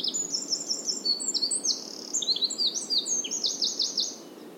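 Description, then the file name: Eurasian wren song: a fast, loud, high-pitched jumble of trills and sharp chattering notes pouring out continuously, ending in a run of repeated sharp notes. "Troglodytes troglodytes"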